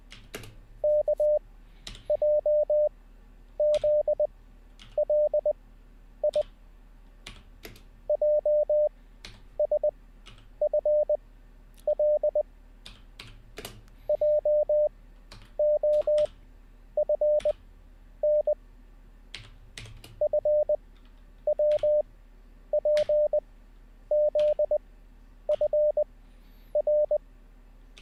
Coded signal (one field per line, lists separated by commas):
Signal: Morse code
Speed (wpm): 20 wpm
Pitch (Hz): 600 Hz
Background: none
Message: KJZLI JSFL JOFN FWPZFR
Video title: How To Learn Morse Code LIVE with N0SSC (Day 8)